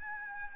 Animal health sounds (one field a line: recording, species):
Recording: mosquito wingbeat signal from an infrared sensor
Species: Aedes albopictus